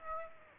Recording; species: mosquito wingbeat signal from an infrared sensor; Aedes aegypti